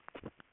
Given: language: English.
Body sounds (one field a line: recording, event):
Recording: throat vibration sensor signal played as sound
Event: swallow